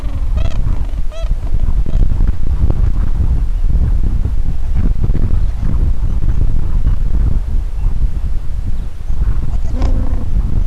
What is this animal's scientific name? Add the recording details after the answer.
Pygoscelis papua. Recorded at the colony at Stromness, on 23 December 2014. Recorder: Song Meter SM2+